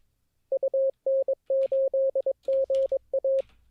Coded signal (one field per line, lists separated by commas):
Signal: Morse code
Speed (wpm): 22 wpm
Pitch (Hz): 540 Hz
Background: none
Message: UN8GA